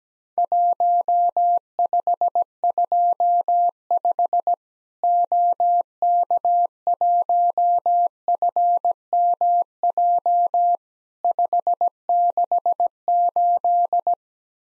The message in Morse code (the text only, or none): 1525 OK1FMJ 568